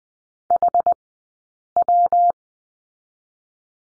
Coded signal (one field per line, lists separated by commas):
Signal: Morse code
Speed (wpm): 20 wpm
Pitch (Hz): 700 Hz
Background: none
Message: H W